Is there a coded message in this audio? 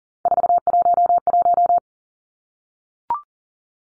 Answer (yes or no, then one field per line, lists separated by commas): yes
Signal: Morse code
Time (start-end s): 0.3-1.8 s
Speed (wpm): 40 wpm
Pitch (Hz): 700 Hz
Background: none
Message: 411